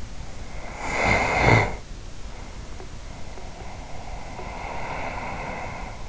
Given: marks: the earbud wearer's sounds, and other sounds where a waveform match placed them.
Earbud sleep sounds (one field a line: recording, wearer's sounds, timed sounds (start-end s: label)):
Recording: sounds in sleep by an in-ear microphone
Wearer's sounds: breath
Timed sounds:
0.22-6.08 s: breath